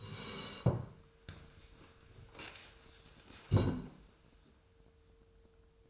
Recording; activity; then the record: daily activity, microphone in the room; sit down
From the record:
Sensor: 2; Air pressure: 1005.1 hPa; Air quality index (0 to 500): 102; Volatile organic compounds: 2 ppm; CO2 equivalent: 1236 ppm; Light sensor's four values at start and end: 7/17/7/7 and 7/17/7/7